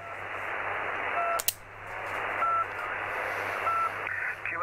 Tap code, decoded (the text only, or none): none